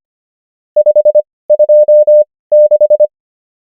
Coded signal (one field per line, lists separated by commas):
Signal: Morse code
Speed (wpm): 25 wpm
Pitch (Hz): 600 Hz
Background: none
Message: 526